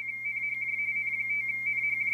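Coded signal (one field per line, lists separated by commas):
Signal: RTTY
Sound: rapid warbling two-tone chirp near 2 kHz, continuous teletype data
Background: low hum, radio static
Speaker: I mean, you gotta be careful. There it goes.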